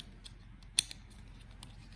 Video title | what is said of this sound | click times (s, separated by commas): Mini Cooper key battery replacement | that side first and then you have to hear it click now you cannot open this area | 0.8 s